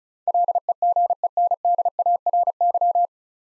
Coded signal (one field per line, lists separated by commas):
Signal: Morse code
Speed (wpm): 36 wpm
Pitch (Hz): 700 Hz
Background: none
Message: LEGENDARY